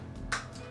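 An SD memory card is pushed into the spring-loaded card slot of a cinema camera and clicks in at 0.3 seconds. The click is a short, bright snap over a low background hum. The card seats, but the click is not as nice as on the Sony A7 IV, because it doesn't rebound or feel the same.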